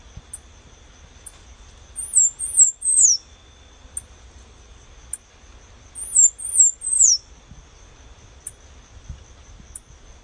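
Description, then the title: Half-collared sparrow song: a short phrase of three very high, thin, wavering whistles, given twice, with a steady high insect-like hum throughout. "LuckyPassaro Completos2Sama. Half-collared Sparrow (Arremon semitorquatus)"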